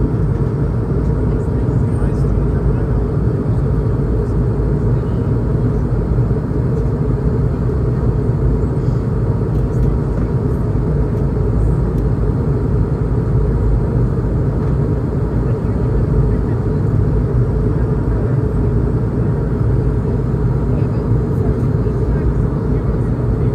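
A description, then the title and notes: A steady, dense engine roar fills the cabin of a flight, heavy in the low end and unchanging for the whole stretch. A faint thin tone sits above it, and some murmur, possibly speech, is buried beneath the drone. Airbus A220 London Heathrow to Düsseldorf (airBaltic). Full flights with all of it's sounds including passenger announcements, service and of course the engines.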